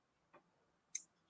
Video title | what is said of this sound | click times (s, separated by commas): BigJ's Knives & Boston Blade Reviews' Happy Hour LiveChat | still has the snap | 1.0 s